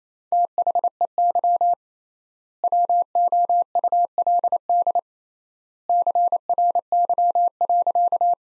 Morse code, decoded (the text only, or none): THEY WOULD CRY.